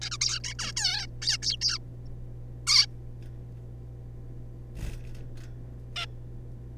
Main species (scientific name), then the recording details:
Taeniopygia guttata. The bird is a juvenile. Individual R3549